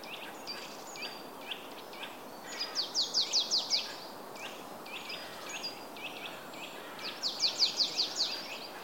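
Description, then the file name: Marsh tit calling with thin high notes, including two rapid bursts of several notes. "Poecile palustris"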